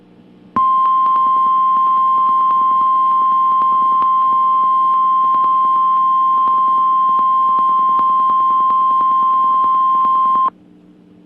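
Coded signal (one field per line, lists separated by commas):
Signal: Emergency Alert System (SAME) tones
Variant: 1050 Hz attention tone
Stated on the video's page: Real Required Weekly Test received in Chicago.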